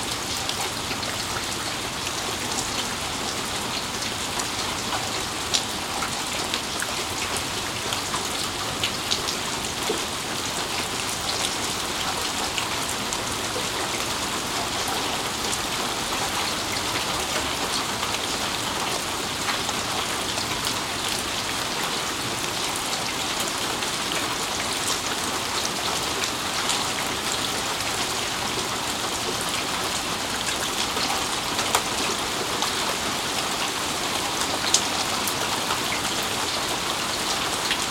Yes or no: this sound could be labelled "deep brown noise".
no